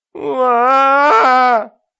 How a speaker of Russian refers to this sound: Внезапно она издала громкий протяжный крик.